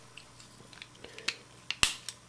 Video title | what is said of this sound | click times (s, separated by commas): Animated Grimlock Review | it'll snap into place there | 1.8 s